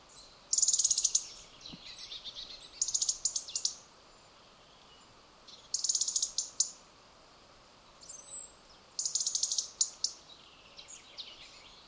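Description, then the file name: European robin giving high, rapid ticking bursts in several spaced groups over a quiet background. "Erithacus rubecula"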